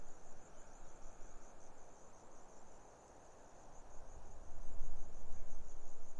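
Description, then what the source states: A continuous high grasshopper buzz with fine rapid pulses, set against wind that eases midway and then surges again. Grasshoppers stridulating on a lukewarm autumn afternoon, 6 May 2015, arid hills of the Barrier Ranges near Broken Hill, Australian outback; wind in desert she-oaks.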